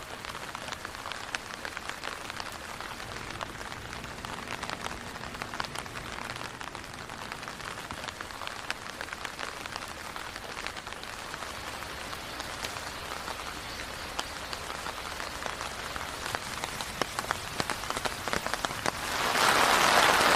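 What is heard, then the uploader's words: Rain falls steadily on a walk around the neighborhood, a dense hiss broken by countless quick taps and drips. A faint low hum drifts in around the middle. Near the end the sound swells into a louder, rougher wash for the last second. Long Walk In The Rain Around The Neighborhood.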